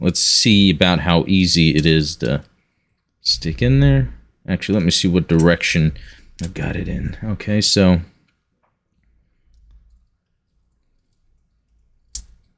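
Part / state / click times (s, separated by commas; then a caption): beam saber hilt into action figure hand / seated / 12.1 s. Someone talks for the first eight seconds, then a plastic beam saber hilt is pushed into the closed hand of a Hi-Nu Gundam Robot Spirits action figure amid faint, quiet handling ticks. A single sharp, loud click rings out at 12.2 s as the hilt snaps and seats in the hand.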